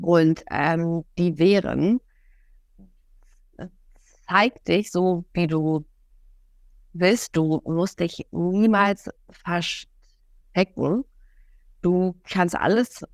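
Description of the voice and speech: An adult woman speaks German slowly, with long pauses, stretched vowels and a mid-word block in "verstecken", typical of stuttering.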